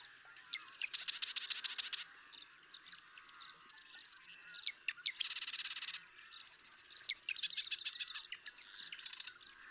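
Marsh Wren songs: several bursts of rapid, buzzy, rattling notes, each introduced by scattered ticks.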